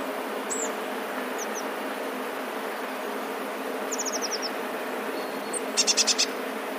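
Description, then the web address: Passerine: songbird calls: scattered high thin whistles, a short run of six descending chips, then a brief burst of buzzy pulsed notes near the close, over constant background hiss. Recorded 15 December 2019. "wroblowe teka mies 15 12 2019. wroblowe teka modraszkoteka"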